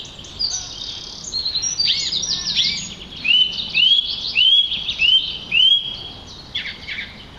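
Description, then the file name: Song thrush song: a bright rising whistled note repeated five times in quick succession after a jumble of chirpy notes, with soft hiss behind. "Turdus philomelos - Song Trush"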